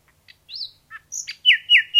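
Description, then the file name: Common nightingale singing a varied phrase of scattered chips and a rising whistle, ending in three loud, sweeping downslurred notes. "Nightingale"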